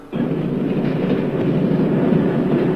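A passenger train rolls steadily along the rails, a dense low rumble with faint rhythmic clatter of wheels, starting abruptly and holding a constant loud level throughout.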